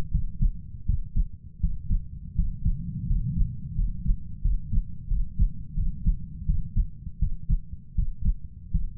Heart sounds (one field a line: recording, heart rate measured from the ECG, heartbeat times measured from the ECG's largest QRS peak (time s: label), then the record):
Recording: heart sounds by stethoscope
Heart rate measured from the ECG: 84 bpm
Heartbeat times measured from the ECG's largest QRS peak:
0.11 s: heartbeat
0.86 s: heartbeat
1.60 s: heartbeat
2.35 s: heartbeat
3.07 s: heartbeat
3.75 s: heartbeat
4.42 s: heartbeat
5.08 s: heartbeat
5.75 s: heartbeat
6.46 s: heartbeat
7.19 s: heartbeat
7.95 s: heartbeat
8.71 s: heartbeat
From the record:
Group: healthy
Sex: male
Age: 33 years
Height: 179 cm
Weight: 80.4 kg